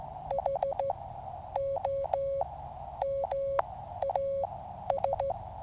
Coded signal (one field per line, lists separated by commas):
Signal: Morse code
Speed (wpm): 15 wpm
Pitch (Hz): 550 Hz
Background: none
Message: HO MAS